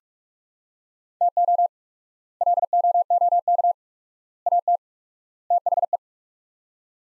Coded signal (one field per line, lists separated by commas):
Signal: Morse code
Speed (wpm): 42 wpm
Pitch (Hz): 700 Hz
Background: none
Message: TO LOOK AT THE